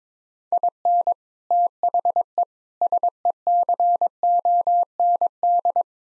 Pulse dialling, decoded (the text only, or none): none